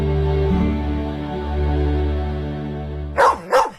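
A steady, low tonal drone hums for several seconds, then a dog gives two loud, sharp barks in quick succession at the very end.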